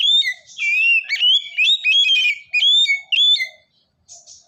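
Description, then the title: Oriental magpie-robin song of clear, sweet whistles, rapid up-and-down inflected notes strung into a lively phrase, then brief silence and a soft trailing note. "kacer"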